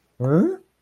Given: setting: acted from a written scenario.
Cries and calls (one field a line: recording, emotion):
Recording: vocal sound without words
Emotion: negative surprise